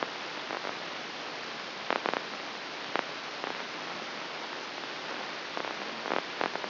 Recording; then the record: brain microelectrode recording played as sound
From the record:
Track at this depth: inside the subthalamic nucleus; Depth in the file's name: 1.937 mm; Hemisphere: left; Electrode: 3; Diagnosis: Parkinson's disease